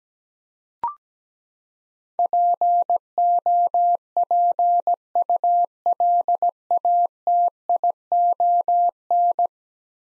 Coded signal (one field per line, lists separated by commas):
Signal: Morse code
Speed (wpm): 17 wpm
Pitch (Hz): 700 Hz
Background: none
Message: POPULATION